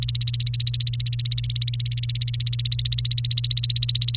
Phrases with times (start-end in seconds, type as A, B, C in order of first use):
0.00-4.16 A